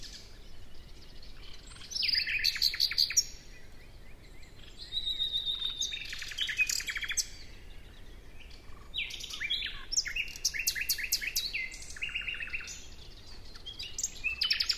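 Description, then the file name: Common nightingale singing varied phrases of sharp chirps, quick note trills and thin sustained whistles, with quieter gaps between bursts. "Luscinia megarhynchos"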